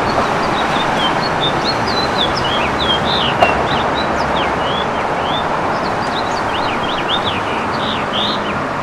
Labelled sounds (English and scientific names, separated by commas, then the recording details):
House Finch (Haemorhous mexicanus) song
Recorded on Long Island, New York, on 21 June 2011
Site IT
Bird B